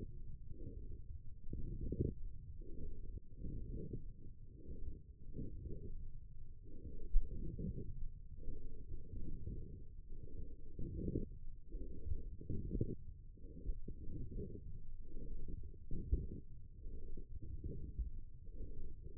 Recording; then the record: forearm muscle sounds (acoustic myography)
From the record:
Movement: forearm supination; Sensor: system 1, eight BSWA MPA416 microphones around the upper forearm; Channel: 4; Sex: male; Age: 20 years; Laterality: left